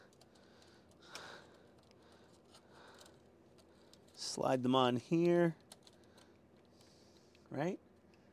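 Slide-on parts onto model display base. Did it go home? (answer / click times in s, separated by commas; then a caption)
no / none. Slide-on parts are being handled onto the motorized display base of an Agora Models 1:18 scale Mitsubishi A6M Zero Fighter partwork kit. Faint handling ticks and small taps sound over a quiet background while someone talks. Nothing has seated or clicked into place yet.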